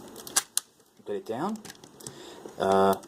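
A die-cast and plastic lion figure from a Soul of Chogokin Voltron toy robot is dropped into the other leg section to join the robot's two legs. It clicks into place with sharp hits at 0.4 s and 0.6 s, followed by fainter taps, while someone talks. The leg is seated.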